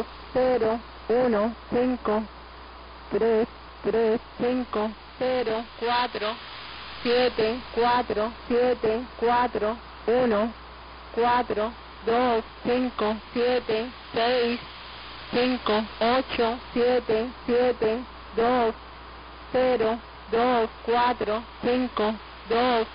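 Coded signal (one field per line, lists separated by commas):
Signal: numbers station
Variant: HM01, Spanish female voice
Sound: a Spanish voice reading single digits one by one at an even steady pace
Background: radio static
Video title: HM01 10860 AM 09-09-2018 0532z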